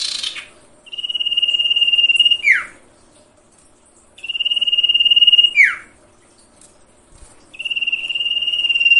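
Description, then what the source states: Sirtu song, steady trilled buzz sustained for over a second before dropping in a swift falling sweep, the phrase returning roughly every three seconds. Masteran tutor recording for training caged songbirds, presented as full variation.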